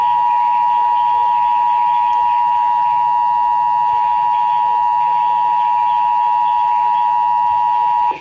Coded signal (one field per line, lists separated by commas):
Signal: Emergency Alert System (SAME) tones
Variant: 853 and 960 Hz attention tone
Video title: EAS: WSOX SVR Relay (8/28/20)(EAS #472)